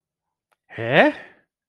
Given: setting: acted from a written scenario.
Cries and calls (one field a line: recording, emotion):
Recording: vocal sound without words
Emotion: confusion